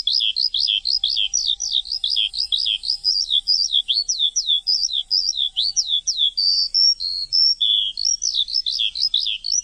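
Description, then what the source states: Bird song as continuous rapid twittering of swept, chattering high notes, barely pausing throughout. Chirping bird song intended for training pet birds.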